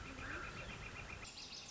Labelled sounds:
Northern Flicker
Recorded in Sonoma County, California

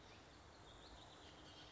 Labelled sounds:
Bullock's Oriole
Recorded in Sonoma County, California

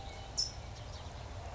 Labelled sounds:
California Towhee
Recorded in Sonoma County, California

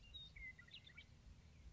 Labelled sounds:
Western Meadowlark
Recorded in Sonoma County, California

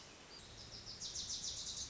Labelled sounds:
Wilson's Warbler
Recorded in Sonoma County, California

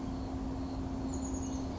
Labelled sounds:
Chestnut-backed Chickadee
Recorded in Sonoma County, California

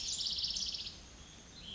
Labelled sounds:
Cassin's Vireo
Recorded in Sonoma County, California

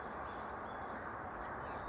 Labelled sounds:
California Towhee
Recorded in Sonoma County, California

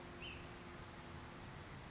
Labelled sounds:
Ash-throated Flycatcher
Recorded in Sonoma County, California

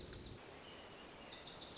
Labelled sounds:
Wilson's Warbler
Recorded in Sonoma County, California

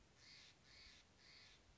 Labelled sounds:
Steller's Jay
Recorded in Sonoma County, California

